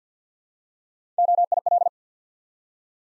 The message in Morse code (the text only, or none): OIL